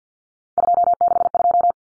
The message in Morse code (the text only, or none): 262